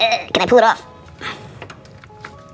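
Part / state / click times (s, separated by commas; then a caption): wiring harness plug on crank position sensor / released / 2.2 s. Someone talks, then pulls the wiring harness plug off the crank position sensor on a Honda Prelude engine one-handed while filming, with a few faint handling ticks. At 2.3 s a short, sharp snap is heard as the plastic latch releases and the sensor connector snaps open.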